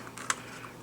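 A plastic faceplate is peeled off an optical drive being removed from a Dell Optiplex 9020 USFF, popping out of its small plastic fasteners. Two faint ticks come first, then one sharp pop at 0.3 seconds as the faceplate is released.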